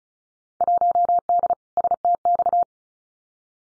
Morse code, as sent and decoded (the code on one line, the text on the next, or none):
.---- -.. / ... - -..-
1D STX